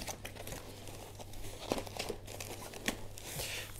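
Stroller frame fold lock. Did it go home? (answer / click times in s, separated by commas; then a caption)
yes / 2.9 s. The Elodie Mondo stroller from Sweden folds itself after the button on its handle is pressed, with crinkling and light rattling as the frame collapses. At 2.9 s the frame's fold lock latches with a sharp click, locking the stroller folded.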